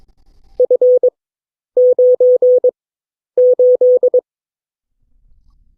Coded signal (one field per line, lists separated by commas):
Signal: Morse code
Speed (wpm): 22 wpm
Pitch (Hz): 500 Hz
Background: none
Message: F98